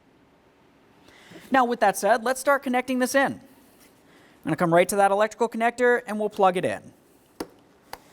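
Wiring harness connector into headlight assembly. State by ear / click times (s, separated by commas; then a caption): seated / 7.9 s. A wiring harness electrical connector is pushed onto the back of the headlight assembly on a 2005-2010 Chevrolet Cobalt while someone talks. After the talking, a faint tap at 7.4 s is followed by a short, sharp click at 7.9 s as the connector seats.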